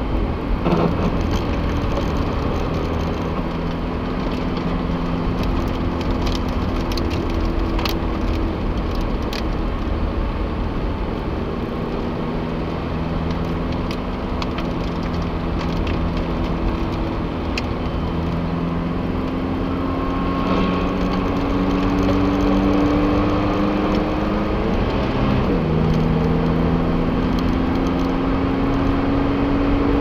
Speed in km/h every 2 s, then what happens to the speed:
63, 58, 60, 55, 56, 57, 60, 57, 56, 63, 68, 70, 76, 84, 90.
0-6 slows to 55. 6-16 steady at about 56. 16-30 speeds up to 90.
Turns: 2-16, 18-23.